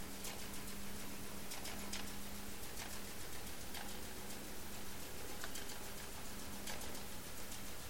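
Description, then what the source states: Sperm whale clicks as a loose series of crisp knocks, some in quick pairs, heard over constant deep hydrophone rumble and a low mechanical hum. Recorded underwater by hydrophone in the Strait of Georgia on 27 March 2018 around 19:17 UTC.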